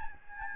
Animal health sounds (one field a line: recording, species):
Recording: mosquito wingbeat signal from an infrared sensor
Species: Aedes albopictus